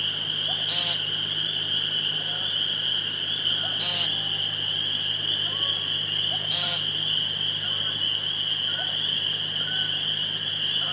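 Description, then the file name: Woodcock calling three times, roughly every three seconds: quiet croaking notes followed by a thin, sharp high squeak, against a steady whining hum. Recorded 2 June 2013 with a phone. "2013-06-02 Woodcocki Phone"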